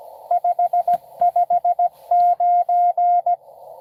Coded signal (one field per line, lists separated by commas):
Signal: Morse code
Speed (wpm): 20 wpm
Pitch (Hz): 700 Hz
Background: none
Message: 559